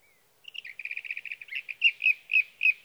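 Sage thrasher song, a rapid train of repeated clipped notes shifting into slower, louder whistled phrases about every quarter second.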